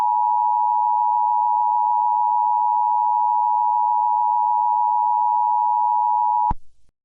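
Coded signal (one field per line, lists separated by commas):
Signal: Emergency Alert System (SAME) tones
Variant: 853 and 960 Hz attention tone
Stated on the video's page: Fictional EAS scenario, not a real alert.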